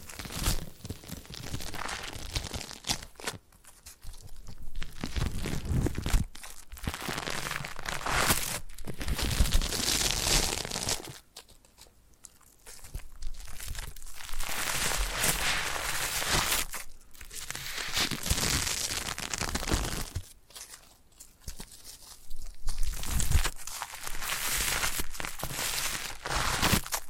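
Foam being massaged and squeezed gives a dense, bright crackling and squelching that runs in long bursts. Brief quiet gaps break it up near 3, 6, 11 and 20 seconds, and a few sharper crunches stand out along the way.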